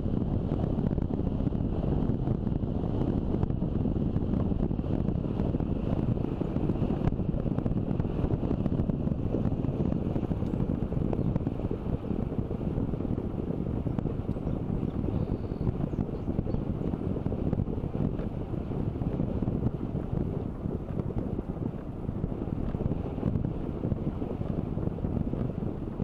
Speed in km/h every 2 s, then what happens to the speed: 33, 32, 30, 27, 26, 24, 23, 22, 22, 22, 23, 22, 22.
0-14 slows to 22. 14-26 steady at about 22.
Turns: none.